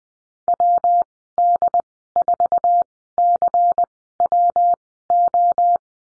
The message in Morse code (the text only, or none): WD4CWO